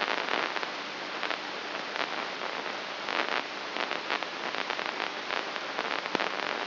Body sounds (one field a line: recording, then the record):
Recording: brain microelectrode recording played as sound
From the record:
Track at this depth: inside the subthalamic nucleus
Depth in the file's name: 3.62 mm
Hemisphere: left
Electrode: 3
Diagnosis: Parkinson's disease